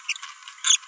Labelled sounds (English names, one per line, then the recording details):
Green-rumped Parrotlet babbling
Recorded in a nest box in Venezuela
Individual 18B17A3